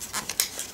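The filter assembly with its rubber sealing ring is refitted into the plastic housing of a Kitfort KT-559 vacuum cleaner. After light handling noise and a faint tick near 0.3 s, a sharp click sounds at 0.4 s. The filter assembly snaps into place and is seated.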